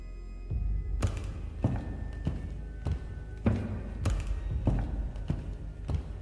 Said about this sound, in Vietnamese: Đột nhiên ở ngoài có tiếng bước chân vang lên.